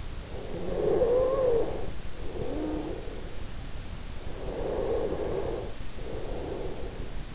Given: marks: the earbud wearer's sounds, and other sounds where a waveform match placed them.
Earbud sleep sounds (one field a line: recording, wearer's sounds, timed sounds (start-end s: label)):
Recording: sounds in sleep by an in-ear microphone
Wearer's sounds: snoring breath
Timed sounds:
0.00-2.99 s: snoring breath
3.99-6.99 s: snoring breath